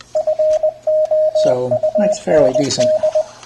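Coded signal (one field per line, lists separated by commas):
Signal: Morse code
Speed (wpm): 20 wpm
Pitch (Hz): 620 Hz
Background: speech, radio noise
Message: FOUND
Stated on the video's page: Morse sent by a homebuilt PICadillo 35T-based keyer without an internal speaker, sending an eBook text file.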